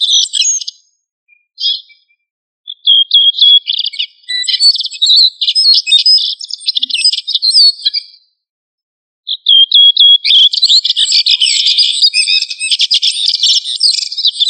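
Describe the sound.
Thrush song: short opening notes, then long runs of rapid, varied high warbling with twittering slurs, interrupted by a brief silence before a final busy stretch.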